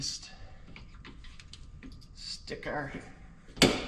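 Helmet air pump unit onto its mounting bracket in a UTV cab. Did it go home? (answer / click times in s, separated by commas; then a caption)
yes / 3.6 s. A helmet air pump unit is pushed onto its mounting bracket in a UTV cab while someone talks, with light handling taps and rustling along the way. A sharp, loud click at 3.6 s marks the unit snapping into place, and it is confirmed seated solidly on the bracket.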